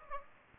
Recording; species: mosquito wingbeat signal from an infrared sensor; Aedes aegypti